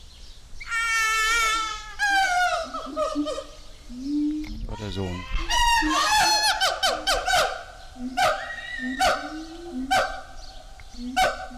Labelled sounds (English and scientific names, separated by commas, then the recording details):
Siamang (Symphalangus syndactylus)
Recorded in captivity
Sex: diverse
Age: diverse
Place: Zoo Berlin, Berlin, DE
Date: 1998-06-20
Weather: wolkig - heiter, 18°C
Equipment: Sony MD-WM MZ-R3, Sennheiser ME 80, Kopie Uher 4000 Report Monitor
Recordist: Tembrock, Günter